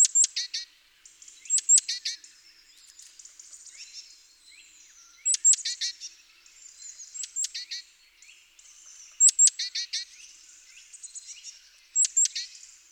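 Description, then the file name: Great tit giving clipped high notes followed by harsh stacked churrs, in repeated bursts, with faint twittering in the gaps. "Parus major"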